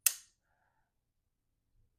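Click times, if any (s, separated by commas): 0.1 s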